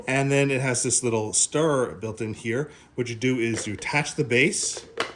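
Someone talks while attaching the battery-powered, motorized stirrer base to a plastic ZonGym protein shaker bottle with a built-in stirrer and USB charging base. A brief sharp handling sound comes at 5.0 s near the end, but the base has not yet locked into place and nothing has seated or clicked.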